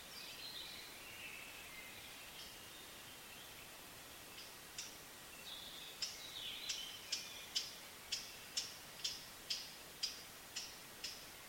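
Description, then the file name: Eurasian blackcap giving hard clicking tac calls, repeated about twice a second, with a faint warbling song before them over a steady hiss. "Sylvia atricapilla"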